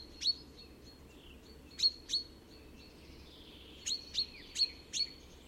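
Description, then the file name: Common chaffinch giving several short, sharp high calls with irregular pauses, against a soft, steady hiss. "Fringilla coelebs"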